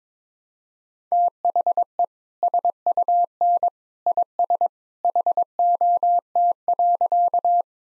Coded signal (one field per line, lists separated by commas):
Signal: Morse code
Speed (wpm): 21 wpm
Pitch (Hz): 700 Hz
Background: none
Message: THE SUN IS HOT.